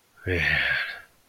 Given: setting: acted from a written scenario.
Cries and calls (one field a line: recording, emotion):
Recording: vocal sound without words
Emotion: guilt